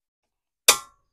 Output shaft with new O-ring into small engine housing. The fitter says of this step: There we go. And should click into place right there.